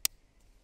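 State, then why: Seated. A hose end is pushed onto the connector of a Flextail Tiny Shower, a portable camping shower unit, and it snaps in with a single sharp click at 0.1 s. The rest of the clip is quiet. The hose connector is seated.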